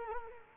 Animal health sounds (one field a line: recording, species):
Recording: mosquito wingbeat signal from an infrared sensor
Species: Culex quinquefasciatus